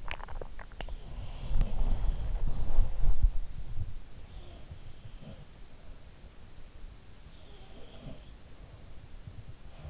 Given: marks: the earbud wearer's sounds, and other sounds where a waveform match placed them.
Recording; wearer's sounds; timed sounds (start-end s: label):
sounds in sleep by an in-ear microphone; teeth grinding
0.00-0.96 s: teeth grinding
1.33-3.36 s: sound from someone else or the room
5.07-5.88 s: sound from someone else or the room
7.47-8.44 s: sound from someone else or the room